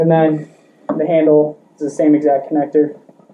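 Someone talks while handling a sprayer handle's electrical connector, about to push it into the hose connector's mating plug where a metal latch will catch. Only speech is heard; nothing has seated or clicked yet.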